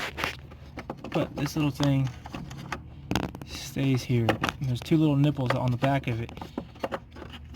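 Someone talks while handling the small plastic retainer that holds the battery hold-down nut on a Cummins truck's battery tray; the retainer has two little nubs on its back. Short, sharp handling knocks and scrapes are heard around 0.2–1.1 s, 2.4–2.7 s, 3.1–3.2 s and 6.6–6.9 s. Nothing has seated or clicked yet.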